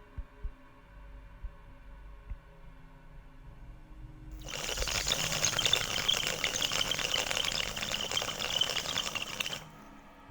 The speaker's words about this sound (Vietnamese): Thế nhưng nghe thấy tiếng điếu cày long sòng sọc, lão Tính cũng không thể kìm lòng.